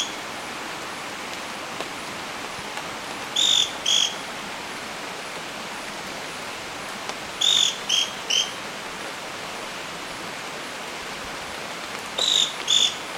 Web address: Natures Songs S America Birds of Ecuador Scale-crested Pygmy-Tyrant